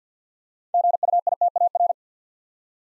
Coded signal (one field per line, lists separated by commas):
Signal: Morse code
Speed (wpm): 48 wpm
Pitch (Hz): 700 Hz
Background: none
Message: GUITAR